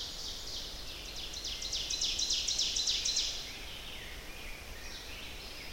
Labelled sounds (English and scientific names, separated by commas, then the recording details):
Ovenbird (Seiurus aurocapilla) song
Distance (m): 55 m
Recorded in boreal forest in Alberta, Canada, on 10 June 2016 at 07:45
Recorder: SongMeter 3, array SBT-3-39
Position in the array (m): 325 m, 145 m
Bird 19